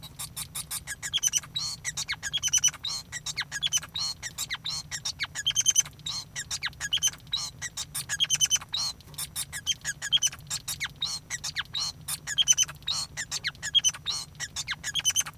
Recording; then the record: song of a male Bengalese finch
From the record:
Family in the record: son of father 5